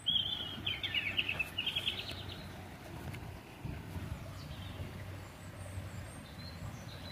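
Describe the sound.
Bird giving a short chattering phrase of rapid chirps at the start, followed by faint scattered high notes over steady low rumbling background noise.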